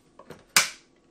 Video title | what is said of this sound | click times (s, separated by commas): New Ninja Juicer Full Review and Demo | turn it to the left until you hear that click to release it you hold the release button | 0.6 s